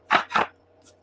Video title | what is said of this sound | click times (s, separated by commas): Dovetail Box Part 4 - In The Shop Carving - Lid, and Other Parts | I don't know if you heard that click but when they lock together it's | 0.4 s